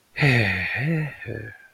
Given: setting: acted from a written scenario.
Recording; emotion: vocal sound without words; serenity